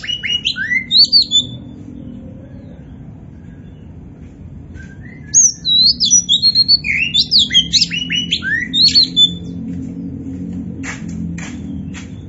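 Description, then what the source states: Oriental magpie-robin singing varied, high whistled and squeaky notes in rapid runs with pauses between, then a few sharp clicks over a steady low rumble. Bird called kacer poci, described as gacor (singing actively).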